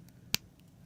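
The arm of a plastic action figure is pushed onto the ball joint at the shoulder and snaps on with one sharp, loud click at 0.3 s, with only faint soft ticks around it. The arm is seated and the figure can now swivel at the shoulder.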